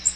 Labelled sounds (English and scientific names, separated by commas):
Magnolia Warbler (Setophaga magnolia) flight call